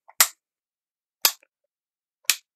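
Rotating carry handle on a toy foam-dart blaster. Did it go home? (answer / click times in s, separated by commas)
yes / 0.2 s, 1.2 s, 2.3 s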